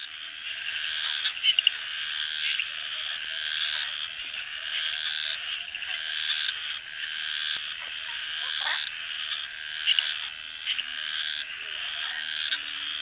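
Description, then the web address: Garbe's snouted treefrog gives repeated rasping, buzzy notes in a long series, with short gaps between them, over a constant high-pitched insect drone. Recorded in the Ecuadorian Amazon, South America. "Natures Songs S America Frogs of Ecuadorian Amazon Scinax garbei"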